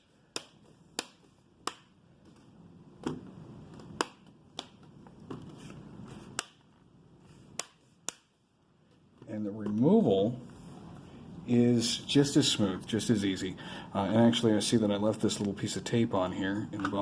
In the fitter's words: one of those little Clips kind of snap into place and the